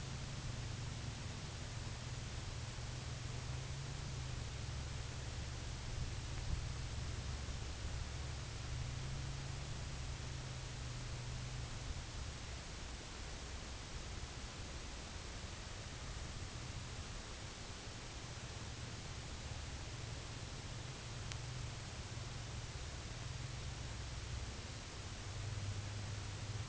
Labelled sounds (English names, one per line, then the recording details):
none
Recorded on Arctic tundra, site UTQI-8, on 11 June 2019
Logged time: 06:00